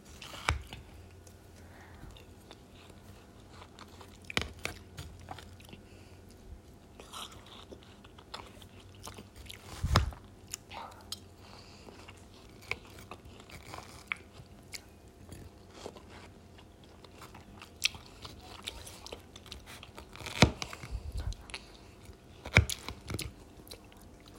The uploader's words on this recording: Watermelon ASMR.